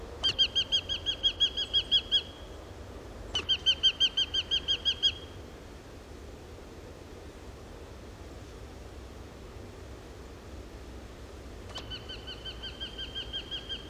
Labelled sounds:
Eurasian Hobby call

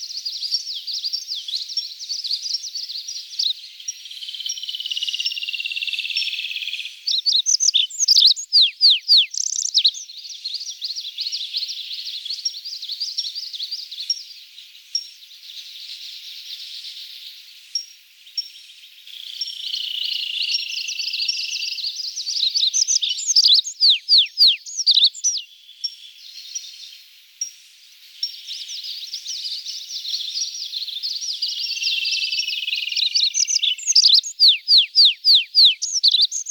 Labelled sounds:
Olive-backed Pipit song

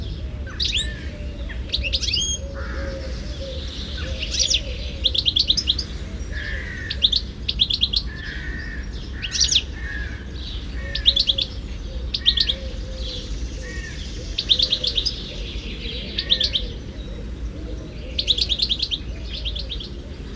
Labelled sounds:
European Goldfinch song

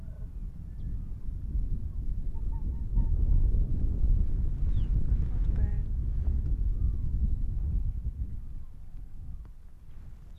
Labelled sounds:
Arctic Fox

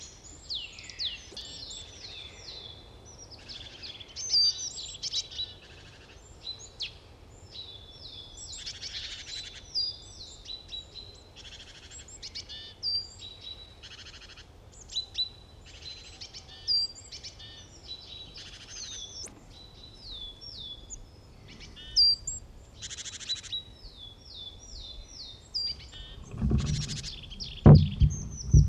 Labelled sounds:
Great Tit

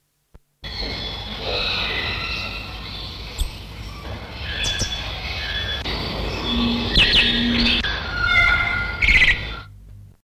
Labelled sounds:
Violaceous Euphonia call

